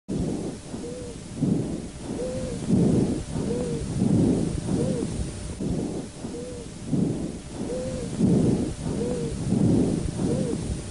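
Monomorphic wheeze in an adult with asthma, heard over the chest with a stethoscope: a single steady musical tone near 500 Hz recurs with each breath, standing out above the low breath noise.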